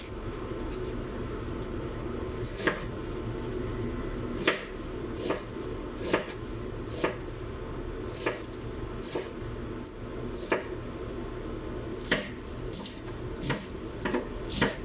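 Kitchen cooking sounds while stir-frying chicken breast and vegetables: a steady low rumble and sizzle runs throughout. Sharp clicks and clinks of utensils against a pan land every second or so, some louder knocks near 4.5 and 12 seconds.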